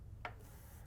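An end cap is pushed into a cable-railing lag receiver on a wood post after the swage stud has been twisted and locked. A single short, bright tick sounds at 0.2 s over a low steady hum, and the cap is seated.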